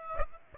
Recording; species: mosquito wingbeat signal from an infrared sensor; Aedes aegypti